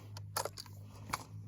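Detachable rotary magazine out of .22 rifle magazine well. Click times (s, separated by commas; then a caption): 0.4 s, 1.1 s. The magazine release button on a Ruger 10/22 .22 rifle is pushed, giving a sharp release click at 0.4 s. The detachable polymer rotary magazine unlatches and comes out of the magazine well with a second sharp hit at 1.1 s, over a steady low hum and a few fainter clicks in between. The magazine is released from the rifle.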